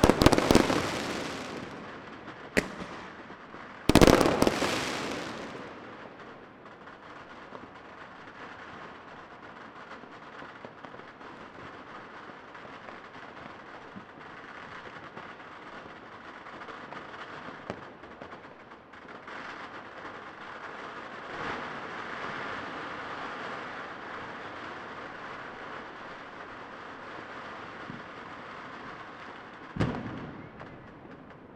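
New Year's Eve fireworks: sharp bangs near the start and at thirty seconds, with a dense crackle and rumble filling the middle.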